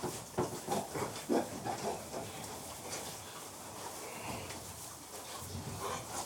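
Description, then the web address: Pig grunts in a quick run of short, rough pulses early on, then softer snuffling and shuffling noises through the rest. Pigs being fed as livestock. "The BBC Sound Effects Library Livestock Feeding Pigs"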